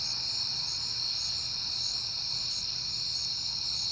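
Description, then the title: Crickets trilling high and steady, with brief sharp chirps repeating regularly over a low hum. Recorded on a peaceful night in September. "Night Time: Crickets and Passing Cars"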